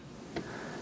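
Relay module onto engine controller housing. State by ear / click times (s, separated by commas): partly seated / 0.4 s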